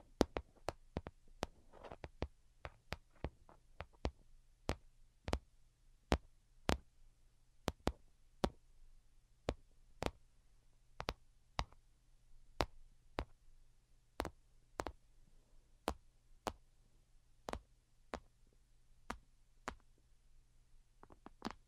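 Delicate tapping, sharp light clicks that start fast and clustered in the first few seconds, then settle into a slower, fairly even pace of about one tap per second. Between taps there is near silence with a faint low hum underneath.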